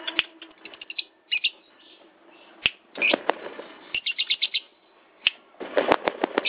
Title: Kicau Burung LoveBird - Suara LoveBird Juara Nasional